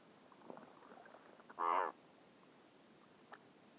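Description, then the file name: Razorbill giving a single harsh, growling croak midway, with a few faint clicks before and a brief soft note near the end. "alka hangja"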